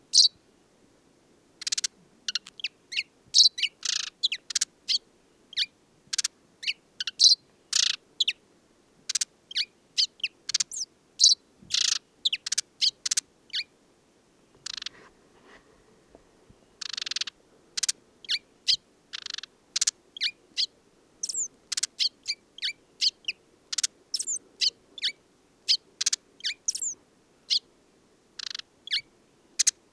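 A desert sparrow sings a rapid, nearly continuous run of bright twittering notes, trills and varied short phrases, each burst clipped and high-pitched. The notes come in quick succession with brief gaps throughout. A faint low murmur sits underneath.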